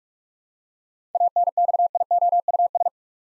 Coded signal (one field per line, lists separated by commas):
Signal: Morse code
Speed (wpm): 45 wpm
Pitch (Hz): 700 Hz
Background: none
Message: ANXIOUS